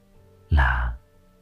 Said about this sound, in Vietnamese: Còn đang nghĩ ngợi, Trịnh Bảo Nhân hụt hơi. Vừa hít hít không khí, thì y tá Trần và người phụ nữ lập tức quay phắt về phía y.